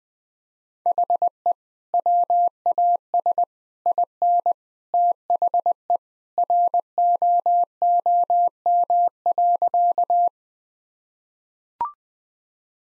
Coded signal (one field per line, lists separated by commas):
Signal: Morse code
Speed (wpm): 21 wpm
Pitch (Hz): 700 Hz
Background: none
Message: HE WAS IN THE ROOM.